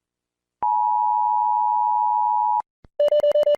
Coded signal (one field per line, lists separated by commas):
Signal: Emergency Alert System (SAME) tones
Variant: 853 and 960 Hz attention tone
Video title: (2K SUBS SPECIAL) Rating EAS alarms from all around the world